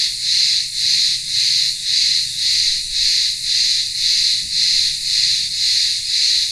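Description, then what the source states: Cicadas buzzing in a loud, high, shrill drone that swells and fades in regular pulses, about two every second. Cicadas in the town square of a remote village on Ikaria island, Greece, in the midday heat.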